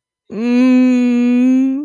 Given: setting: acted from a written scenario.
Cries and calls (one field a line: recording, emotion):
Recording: vocal sound without words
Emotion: sadness